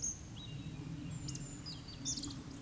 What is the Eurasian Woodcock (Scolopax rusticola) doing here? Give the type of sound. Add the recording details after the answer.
whistle, croak. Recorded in Baden-Württemberg, Germany, on 19 May 2021 at 19:34 UTC. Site 24608, 624 m above sea level